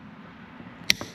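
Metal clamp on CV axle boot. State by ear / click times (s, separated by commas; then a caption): seated / 0.9 s. Pliers squeeze a metal clamp over a seated rubber CV boot on a CV axle, with a low steady background hum underneath. A sharp, bright click at 0.9 s is followed by a softer tick at about 1.0 s. The clamp clicks shut and is seated and good.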